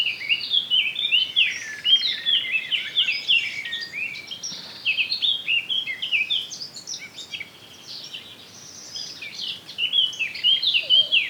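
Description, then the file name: Eurasian blackcap song: repeated bouts of fast, varied warbling with loud whistled flourishes, a quieter stretch in the middle, then song resumes. "Sylvia atricapilla"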